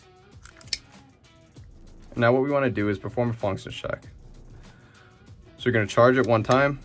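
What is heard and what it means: A rear takedown pin is pushed back into a rifle lower receiver to secure the upper, and the pin snaps closed with a sharp metallic click from the detent at 0.7 s, after a few lighter ticks just before it. Someone then talks, and the pin is seated.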